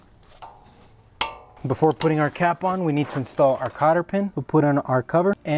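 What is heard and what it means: A torque wrench set to 200 ft-lb tightens the axle nut on a CV axle at the wheel hub while the hub is held from turning. A single loud, sharp click sounds at 1.2 s as the wrench reaches its setting. Afterward someone talks.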